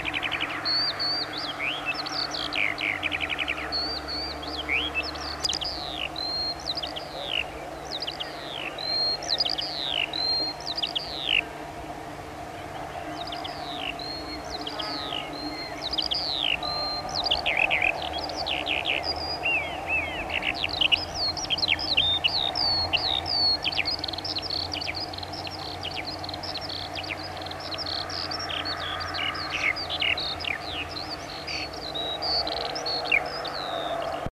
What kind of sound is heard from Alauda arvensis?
song